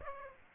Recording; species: mosquito wingbeat signal from an infrared sensor; Aedes aegypti